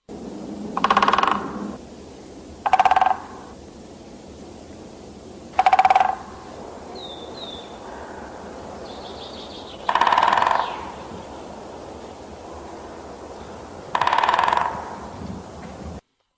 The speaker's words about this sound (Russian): Побывав в лесу, наверное, каждый из вас слышал стук дятла. Идешь зимой на лыжах или по летней лесной тропинке, и вдруг над самой головой услышишь громкий настойчивый стук. Это долбит старое высокое дерево, добывая себе пищу труженик-дятел.